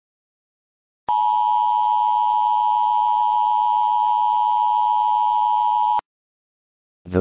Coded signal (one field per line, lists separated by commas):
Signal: Emergency Alert System (SAME) tones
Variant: 853 and 960 Hz attention tone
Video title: EAS ALERT: CRAZY PENGUIN VIRUS WARNING